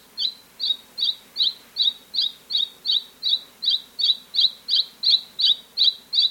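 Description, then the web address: Mountain robin: bird call: a steady series of short, bright high notes, each a quick slurred chip, repeated evenly about two to three times a second over low background hiss. Recorded in South America. "Natures Songs S America Mountain Robin"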